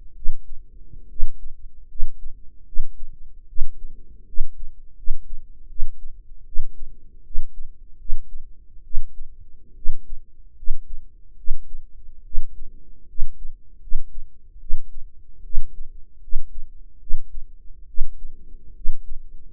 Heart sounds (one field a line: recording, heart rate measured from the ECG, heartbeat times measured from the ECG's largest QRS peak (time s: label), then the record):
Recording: heart sounds by microphone in the right ear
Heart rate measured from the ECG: 75 bpm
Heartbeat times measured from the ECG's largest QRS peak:
0.15 s: heartbeat
1.08 s: heartbeat
1.87 s: heartbeat
2.65 s: heartbeat
3.46 s: heartbeat
4.25 s: heartbeat
4.95 s: heartbeat
5.67 s: heartbeat
6.44 s: heartbeat
7.23 s: heartbeat
7.97 s: heartbeat
8.82 s: heartbeat
9.74 s: heartbeat
10.55 s: heartbeat
11.35 s: heartbeat
12.22 s: heartbeat
13.06 s: heartbeat
13.79 s: heartbeat
14.58 s: heartbeat
15.42 s: heartbeat
16.20 s: heartbeat
16.98 s: heartbeat
17.86 s: heartbeat
18.73 s: heartbeat
19.47 s: heartbeat
From the record:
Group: healthy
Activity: rest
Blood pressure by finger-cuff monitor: 121/75 mmHg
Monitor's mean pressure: 93 mmHg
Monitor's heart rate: 74 bpm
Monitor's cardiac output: 7.2 L/min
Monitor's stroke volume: 93 mL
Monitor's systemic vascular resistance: 930 dyn s/cm5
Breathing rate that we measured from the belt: 21 breaths a minute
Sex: female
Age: 23 years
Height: 160 cm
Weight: 50.4 kg